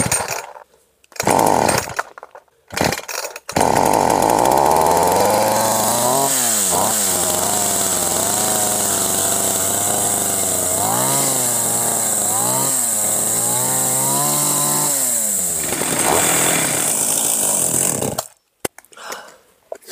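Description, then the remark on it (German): A chainsaw starts with a few short pulls, then roars steadily for about fifteen seconds, its engine pitch rising and dipping repeatedly as it bites into thick shrubs, before cutting off abruptly. Recorded in July 2016. “Ich habe mit einer Motorsäge, und zwar vom Papa geborgt, ein paar dicke Stauden niedergeschnitten und es war gar nicht so einfach, das Ding anzustarten.”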